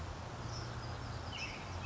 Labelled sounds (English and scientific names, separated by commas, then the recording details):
Western Tanager (Piranga ludoviciana)
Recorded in Sonoma County, California